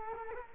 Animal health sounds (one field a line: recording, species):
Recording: mosquito wingbeat signal from an infrared sensor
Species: Culex quinquefasciatus